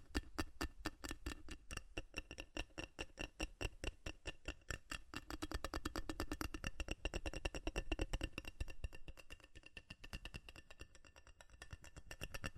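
Fast, furious tapping on metal runs without pause, a dense stream of sharp, bright clicks several times per second. The rhythm is slightly uneven, with brief clusters and gaps, and the taps grow a little fuller around the middle before thinning toward the end.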